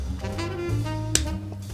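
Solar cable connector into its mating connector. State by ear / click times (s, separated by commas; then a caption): seated / 1.1 s. Two halves of a plastic solar panel cable connector are pushed together into their mating connector, with music playing throughout. A sharp click sounds at 1.2 s, followed by a faint tap at 1.5 s. The connector locks and is seated.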